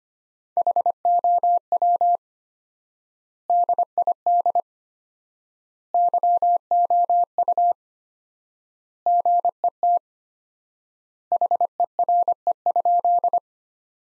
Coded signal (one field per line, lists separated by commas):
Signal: Morse code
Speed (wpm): 25 wpm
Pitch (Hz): 700 Hz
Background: none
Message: HOW DID YOU GET HERE?